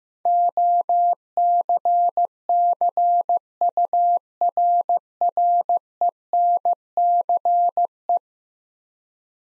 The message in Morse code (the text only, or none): OCCURRENCE